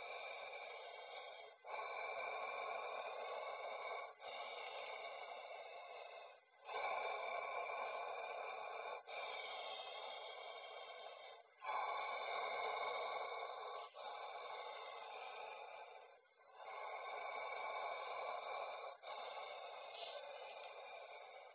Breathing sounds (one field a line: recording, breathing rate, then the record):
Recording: paced breathing near a phone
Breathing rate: 12 breaths a minute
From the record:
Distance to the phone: 20 cm